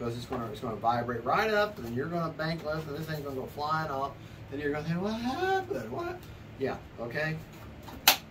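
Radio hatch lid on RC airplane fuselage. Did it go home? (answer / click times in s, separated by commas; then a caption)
yes / 8.1 s. Someone talks over the plastic and foam radio hatch lid of an Arrows Trekker 1200 mm RTF RC airplane fuselage as it is pressed down into its lock. A sharp click at 8.1 s shows the hatch lid has seated and locked, which keeps it from vibrating loose and flying off in flight.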